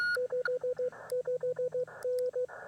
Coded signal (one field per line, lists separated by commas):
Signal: Morse code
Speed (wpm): 16 wpm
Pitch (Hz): 500 Hz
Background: radio noise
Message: 55N